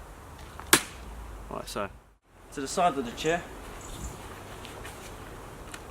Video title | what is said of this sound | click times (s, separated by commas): Leisure Outlet - Outwell Picota Folding Chair with Side Table | put up the base and pull the lever here until this locks into place alright | 0.7 s